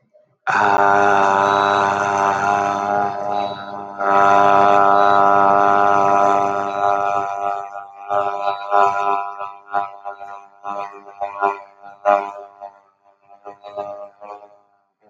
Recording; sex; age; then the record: vowel held as long as possible; male; 30 to 39 years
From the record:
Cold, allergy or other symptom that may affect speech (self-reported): no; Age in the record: 36 years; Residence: Pennsylvania, United States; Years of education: 16